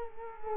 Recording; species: mosquito wingbeat signal from an infrared sensor; Culex quinquefasciatus